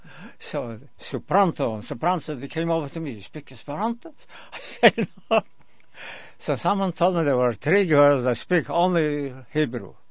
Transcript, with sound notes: So supronto - supronto. He came over to me, "You speak Esperanta?" I said no. ( he laughs ) So someone told me there were three girls that speak only Hebrew.